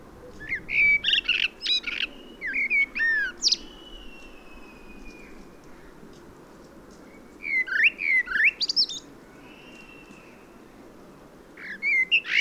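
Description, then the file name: Common blackbird song, mellow fluted phrases ending in squeaky twitters, sung in a few bursts with quiet gaps between them. "Turdus merula"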